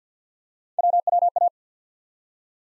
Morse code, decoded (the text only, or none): WWA